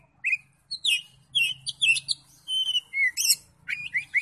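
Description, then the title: Oriental magpie-robin song, varied whistled phrases with sweet slurred notes and short scratchy bursts, delivered in separate spaced phrases. "Kacer"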